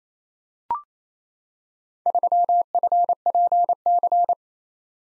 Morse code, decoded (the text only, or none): 3FPC